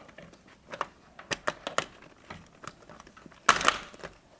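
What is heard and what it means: A SmartWings motorized roller shade, with its battery attached to the back and connected to the motor, is tilted forward onto the front ridge of its white mounting brackets and snapped down. Light knocks and rattles at about 0.8, 1.5 and 1.8 seconds lead to a sharp snap at 3.5 seconds, followed by a quick second knock. One side of the headrail seats in its bracket, but the other side does not and still has to be tilted to lock all the way in.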